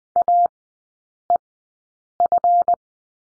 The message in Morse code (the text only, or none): AEF